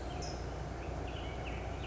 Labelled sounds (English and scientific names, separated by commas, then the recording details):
California Towhee (Melozone crissalis)
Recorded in Sonoma County, California